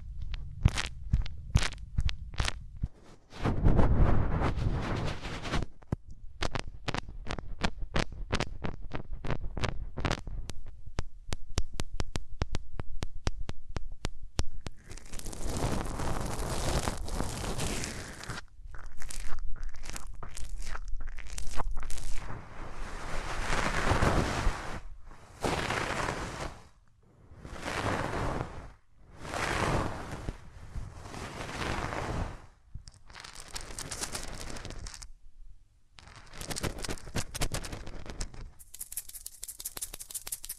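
Hands rub close over the ears, starting as rapid crackly pulses, then turning into longer swishing strokes broken by brief silences, with no talking.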